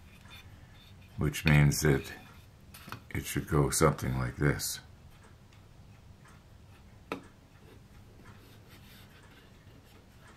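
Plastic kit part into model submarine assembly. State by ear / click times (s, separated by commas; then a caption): seated / 7.1 s. Someone talks while a plastic part of a model submarine kit is pressed onto its mounting point. A single sharp tick is heard at 7.1 s, and the part locks into place.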